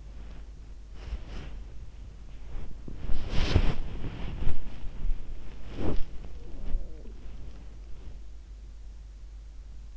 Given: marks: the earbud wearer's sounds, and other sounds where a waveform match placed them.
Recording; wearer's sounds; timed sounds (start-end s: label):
sounds in sleep by an in-ear microphone; body movement
0.00-8.47 s: body movement